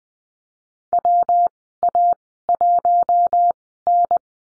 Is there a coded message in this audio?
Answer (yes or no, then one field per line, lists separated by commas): yes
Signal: Morse code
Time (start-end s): 0.9-4.2 s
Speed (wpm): 20 wpm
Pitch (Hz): 700 Hz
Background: none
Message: WA1N